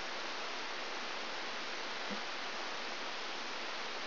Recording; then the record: brain microelectrode recording played as sound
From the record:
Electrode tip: outside the subthalamic nucleus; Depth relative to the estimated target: -3 mm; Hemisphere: left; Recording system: AlphaMap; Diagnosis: Parkinson's disease